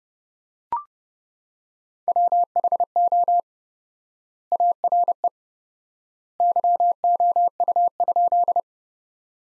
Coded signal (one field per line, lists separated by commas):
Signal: Morse code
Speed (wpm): 30 wpm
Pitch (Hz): 700 Hz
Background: none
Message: WHO ARE YOU?